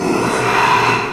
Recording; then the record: squeal of a Yucatan mini pig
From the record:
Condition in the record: after surgery on the right vocal fold (resection and tissue-engineered implant); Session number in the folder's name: 1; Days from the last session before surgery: 6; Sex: male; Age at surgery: 12 weeks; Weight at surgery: 13 kg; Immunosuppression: cyclosporine, prednisolone